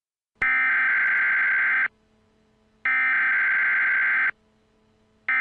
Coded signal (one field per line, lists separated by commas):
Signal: Emergency Alert System (SAME) tones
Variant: header bursts